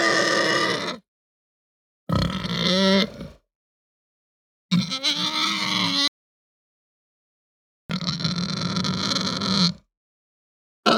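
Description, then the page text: Pig squeals and grunts in harsh, noisy bursts of one to two seconds, separated by silent gaps, with no other sounds. Hampshire breed pig, idle and calm, squealing and grunting. "Hampshire Pig Squeal Grunt Idle Calm. Quick Sounds"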